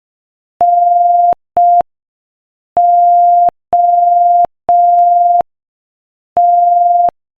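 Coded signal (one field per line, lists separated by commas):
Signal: Morse code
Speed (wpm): 5 wpm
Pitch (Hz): 700 Hz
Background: none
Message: NOT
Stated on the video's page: Morse code practice at 5 wpm.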